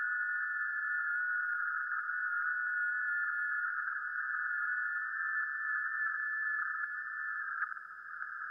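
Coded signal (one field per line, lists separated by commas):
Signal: FT8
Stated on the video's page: FT8 or JS8Call data on 40m via an NVIS dipole, real over-the-air radio, not SDR or simulation, streamed live.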